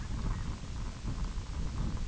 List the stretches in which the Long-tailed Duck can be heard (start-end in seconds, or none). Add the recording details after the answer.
0.01-0.53. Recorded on Arctic tundra, site IGLO-F, on 22 June 2018. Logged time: 04:00